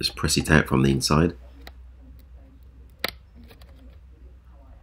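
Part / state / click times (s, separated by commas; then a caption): plastic speaker cover in a radio cassette player housing / released / 3.0 s. Someone talks, then presses a punched-in plastic speaker grille on a Samsung ST-K40 radio cassette player outward from inside the housing. A few faint ticks follow, and a sharp click at 3.0 s marks the dented speaker cover popping back out.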